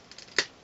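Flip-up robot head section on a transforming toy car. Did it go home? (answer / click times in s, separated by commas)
yes / 0.4 s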